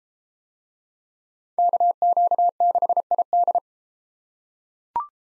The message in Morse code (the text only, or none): KQ6ID